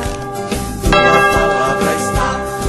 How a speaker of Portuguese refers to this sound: O sacristão tá animado, gente. Toca o sino, sacristão.